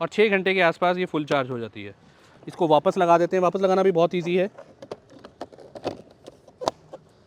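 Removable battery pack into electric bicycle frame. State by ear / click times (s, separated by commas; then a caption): seated / 6.7 s. Someone talks, then the removable 48 V 12.75 Ah lithium-ion battery pack is slid back into the frame of an EMotorad Ranger electric bicycle with a series of small knocks and clicks. A sharp lock click at 6.7 s marks the battery locking in place, so it is secured and cannot be taken away.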